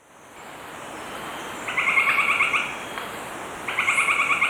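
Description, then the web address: Northern White-crowned Tapaculo song: two rapid strings of short, clipped notes about two seconds apart, against a constant high insect hiss. Ecuador. "Birds of Ecuador Northern White-Crowned Tapaculo"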